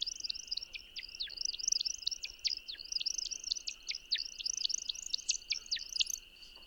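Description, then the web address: American Woodcock flight song: a continuous run of high liquid chirps, many dropping sharply in pitch, tumbling along quickly over a constant high insect drone. "Songs of Birds of North America Know Your Bird Sounds Common Western Species. American Woodcock"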